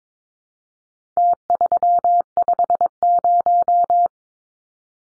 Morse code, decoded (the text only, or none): T350